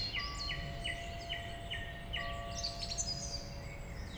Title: Rte Forestière de la Meunaz, 73100 Montcel, France - Grive musicienne